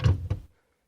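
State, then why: Seated. A Citroen Xsara Picasso front seat, which covers the battery compartment, is pushed back down onto its floor latch. After an opening thump, a sharp click at 0.3 s marks the seat latching home, then the sound falls to near silence.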